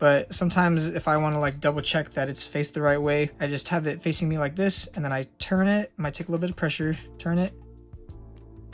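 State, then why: Seated. Someone talks while pressing and rotating a hinge piece of a Nintendo DS Lite handheld console inside its plastic shell. After the talking stops, two faint ticks come at 7.9 and 8.4 seconds, then a click at 8.7 seconds as the hinge piece seats into its notch.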